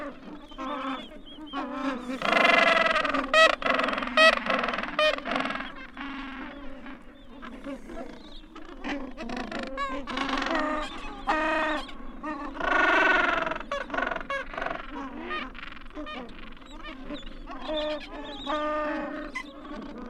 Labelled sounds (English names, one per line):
Gentoo Penguin call